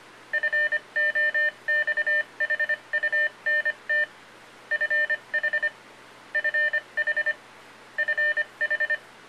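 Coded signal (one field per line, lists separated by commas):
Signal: Morse code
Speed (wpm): 25 wpm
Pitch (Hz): 1800 Hz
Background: none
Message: FOXHUNT FH FH FH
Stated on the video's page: Morse ID from an Arduino fox hunt IDer and controller, driving an old Heathkit handheld transceiver.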